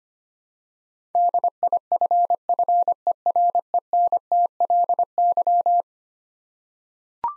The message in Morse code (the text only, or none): DIFFERENTLY